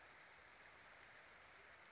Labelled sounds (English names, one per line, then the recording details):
Western Flycatcher
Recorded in Sonoma County, California